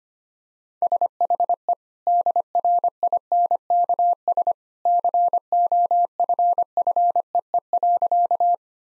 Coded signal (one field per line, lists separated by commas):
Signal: Morse code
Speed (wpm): 25 wpm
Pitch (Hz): 700 Hz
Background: none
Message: SHE DRINKS COFFEE.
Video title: Easy Sentences with Hints - 25wpm